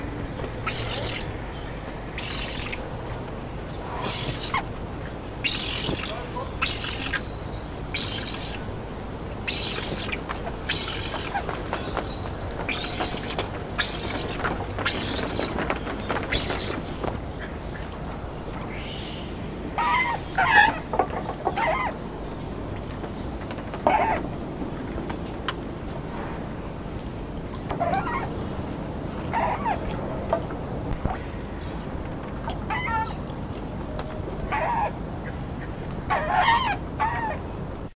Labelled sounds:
Scarlet Ibis (Eudocimus ruber) call

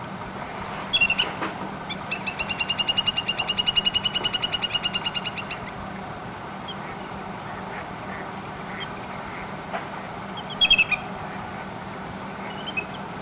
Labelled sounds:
Little Grebe (Tachybaptus ruficollis)

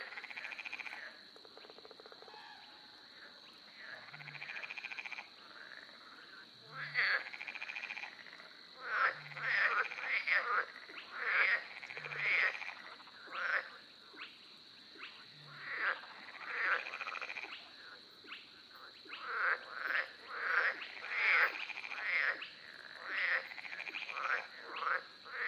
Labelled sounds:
Spotted Crake (Porzana porzana)

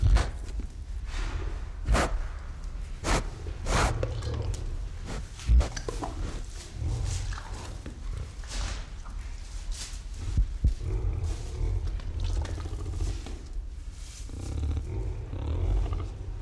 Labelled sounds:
Collared Peccary (Pecari tajacu)

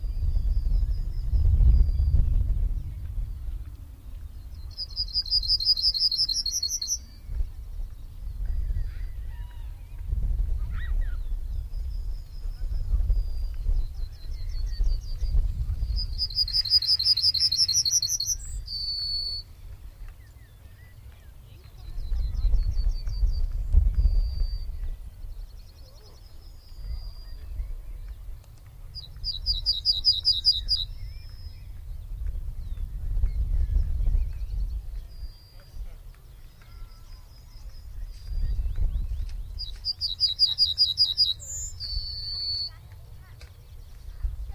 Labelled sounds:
Yellowhammer (Emberiza citrinella) song

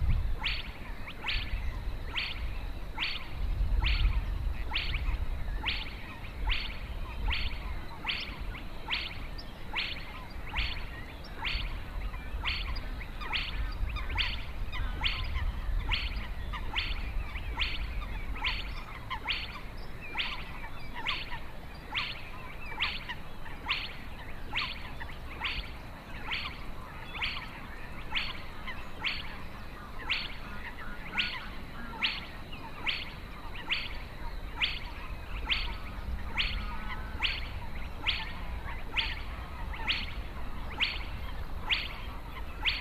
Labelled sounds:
Spotted Crake (Porzana porzana) song

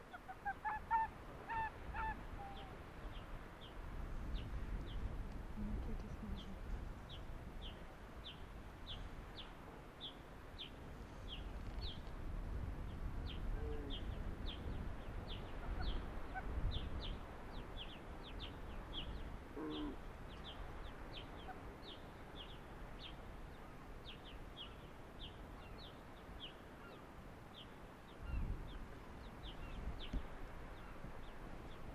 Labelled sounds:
Arctic Fox (Vulpes lagopus)

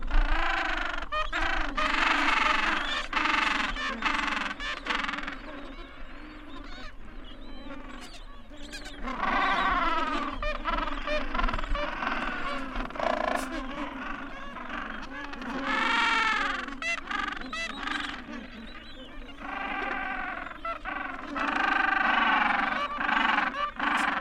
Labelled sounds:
Gentoo Penguin (Pygoscelis papua) call

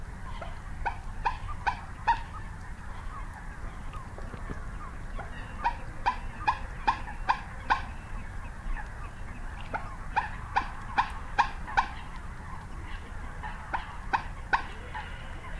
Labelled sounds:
Common Moorhen (Gallinula chloropus) call

